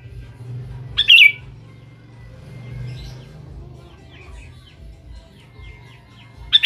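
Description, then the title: Sooty-headed bulbul song: one quick, liquid, falling phrase, then another cut off at the end, with faint soft chirps between and a low hum underneath. "Kutilang"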